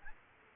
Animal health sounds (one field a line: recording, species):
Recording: mosquito wingbeat signal from an infrared sensor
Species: Aedes aegypti